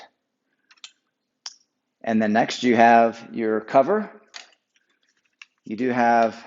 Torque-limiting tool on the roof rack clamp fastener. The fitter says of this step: so you insert the tool and when you tighten this tool will click indicating when it's been fully tightened